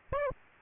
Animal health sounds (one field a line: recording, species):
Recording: mosquito wingbeat signal from an infrared sensor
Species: Aedes aegypti